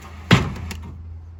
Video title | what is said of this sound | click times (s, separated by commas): Ethel gets fixed up! Hitch repair, stabilizer upgrade, seal repair, and more! | There we go. Snapped into place. | 0.3 s